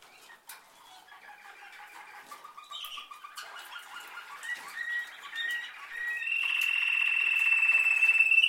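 Canary song that begins with soft scattered notes, builds through rattling trills and ends in a loud, steady high-pitched rolled trill.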